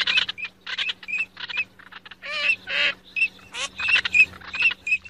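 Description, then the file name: Gull calls: harsh, harmonic squawks amid a busy chorus of shorter, high, steady squeaky notes, with several birds calling over each other in quick, irregular bursts. "Gaivota"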